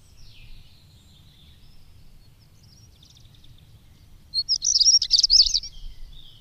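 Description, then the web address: European stonechat delivering a loud, fast, scratchy high warble near the end, preceded by faint thin notes and a low background hum. "agykontroll Madardalok Cd 2. Cigánycsuk"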